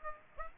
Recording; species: mosquito wingbeat signal from an infrared sensor; Aedes aegypti